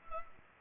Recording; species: mosquito wingbeat signal from an infrared sensor; Culex pipiens